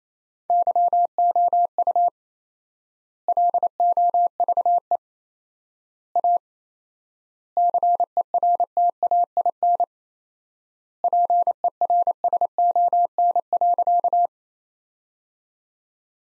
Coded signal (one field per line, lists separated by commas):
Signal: Morse code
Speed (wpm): 28 wpm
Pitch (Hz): 700 Hz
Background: none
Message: YOU LOVE A CERTAIN PERSON.